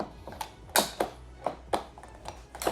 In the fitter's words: If it doesn't lock in, make sure to push it in correctly to lock it in, just like that, and it's all set.